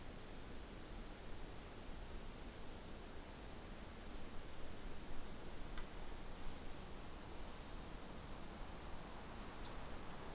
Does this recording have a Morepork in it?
no